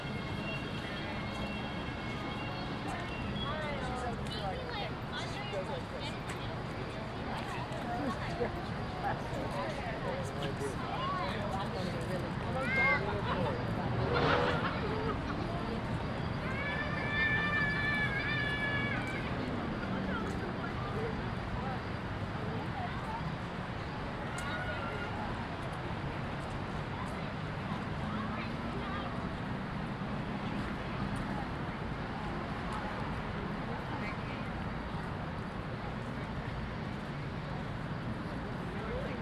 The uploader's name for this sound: A Walk Around Lake Eola Park (Orlando, Florida)